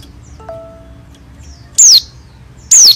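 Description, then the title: White-eye giving two loud, high, descending whistled notes about a second apart, after a brief faint tonal sound. Songbird being readied for singing contests; dakun type from East Java; described as singing a lot, with rolling song and wild-sounding voice; a prospective champion. "burung pleci dakun jatim joss edan ngalas ngerol gacor calon juara(milik om doddy cikarang)"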